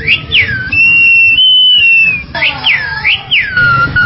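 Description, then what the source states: Bird whistling: looping downslurred and upslurred whistles with a long steady level note between them. Complete birdsong.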